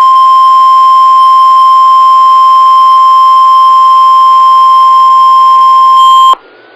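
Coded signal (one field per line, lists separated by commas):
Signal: Emergency Alert System (SAME) tones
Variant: 1050 Hz attention tone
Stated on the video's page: EAS SAME tones of a Required Weekly Test from San Antonio.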